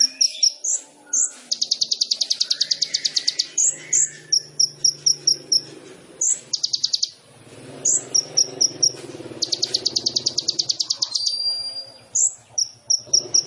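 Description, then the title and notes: Sunbird song of rapid high chips and buzzy trills in repeated bursts over a soft low background hum. Full song with varied fills and bursts (isian dan tembakan), singing actively (gacor), suited for prompting other birds. "MASTERAN KOLIBRI NINJA FULL ISIAN DAN TEMBAKAN COCOK BUAT PANCINGAN. Suara Burung Kolibri Ninja Gacor"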